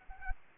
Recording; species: mosquito wingbeat signal from an infrared sensor; Anopheles arabiensis